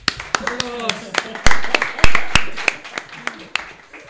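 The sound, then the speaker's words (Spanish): Scattered applause from a small group for a Cypriot studio guest, sharp irregular handclaps popping out loudly for a few seconds while people keep talking and laughing underneath. “Un aplauso para él.”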